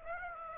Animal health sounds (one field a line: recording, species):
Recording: mosquito wingbeat signal from an infrared sensor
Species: Aedes aegypti